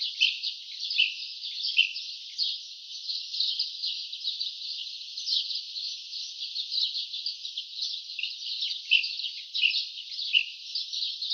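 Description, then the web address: Bird chattering, a continuous high band of quick, overlapping chirps and short notes, steady from start to finish. "cianscape birddata Deverinetal 2025"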